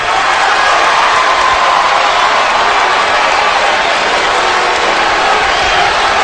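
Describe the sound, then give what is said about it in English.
A huge wrestling-show crowd roars and cheers the wrestler speaking, continuously, a dense, loud wall of voices with no break or pause, sustained at full volume across the whole stretch. “Those of you who are cheering me right now, you are just the biggest part of me leaving as anything else.”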